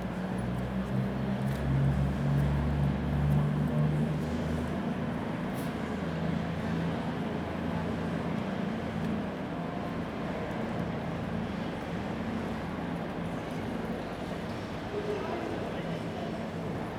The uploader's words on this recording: All recorded at Newcastle's Central Station. Sandstone ashlar; cast iron posts and brackets to glass canopies.